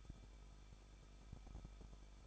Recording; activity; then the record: daily activity, microphone in the room; no activity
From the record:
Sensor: 5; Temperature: 20.9 degrees Celsius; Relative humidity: 38.2%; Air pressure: 1006.4 hPa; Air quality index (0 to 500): 187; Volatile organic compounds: 18 ppm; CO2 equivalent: 2627 ppm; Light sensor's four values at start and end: 2/3/1/1 and 2/3/1/1